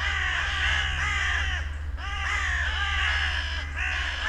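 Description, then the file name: Carrion Crow giving rough, drawn-out caws in two long runs split by a short break, backed by a strong low-pitched hum. "Corvus corone"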